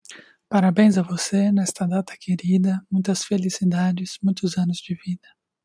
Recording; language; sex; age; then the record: short text; Brazilian Portuguese; male; 20 to 29 years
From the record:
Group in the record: control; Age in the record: 25 years